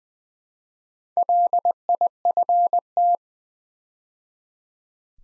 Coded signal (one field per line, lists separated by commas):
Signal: Morse code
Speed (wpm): 20 wpm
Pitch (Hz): 700 Hz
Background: none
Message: LIFT